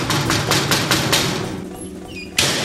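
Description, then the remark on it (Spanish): Rapid knocking on a door as the week's guest arrives at a radio programme, about six sharp, evenly spaced raps in quick succession that fade out, followed by a quieter stretch and a sudden thump at the end. “seguro que míralo seguro que está llamando a la puerta.”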